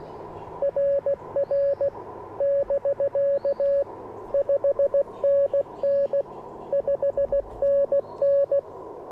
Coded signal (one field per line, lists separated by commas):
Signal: Morse code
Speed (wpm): 20 wpm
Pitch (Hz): 590 Hz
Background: radio noise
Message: RR <BK> 5NN 5NN